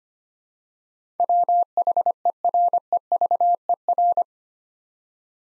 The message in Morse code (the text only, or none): WHEREVER